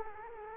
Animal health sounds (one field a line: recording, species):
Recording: mosquito wingbeat signal from an infrared sensor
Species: Culex quinquefasciatus